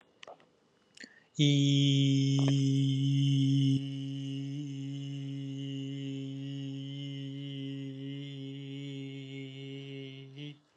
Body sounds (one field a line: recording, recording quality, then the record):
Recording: sustained vowel as in beet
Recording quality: excellent, no background noise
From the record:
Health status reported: healthy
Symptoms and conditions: breathing difficulty, fatigue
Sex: male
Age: 21 years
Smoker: yes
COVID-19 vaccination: both doses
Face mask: not worn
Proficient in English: yes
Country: India